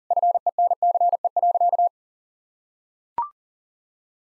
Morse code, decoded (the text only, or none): FENCE.